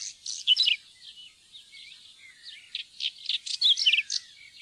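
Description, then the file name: Whinchat singing a busy run of high, scratchy twitters and short chirps, with brief quieter gaps between bursts of notes. "buskskvett"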